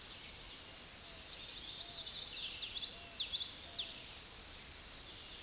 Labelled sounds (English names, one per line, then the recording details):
Common Yellowthroat song
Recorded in a Pennsylvania forest on 16 May 2024 at 06:10
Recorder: AudioMoth, point MSD-2039
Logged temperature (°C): 15.0 °C
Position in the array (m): 85 m, 83 m